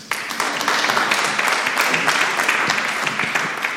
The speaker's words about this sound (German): Deswegen fände ich es cool, wenn ihr erstmal mal ein bisschen Applaus für den AK macht.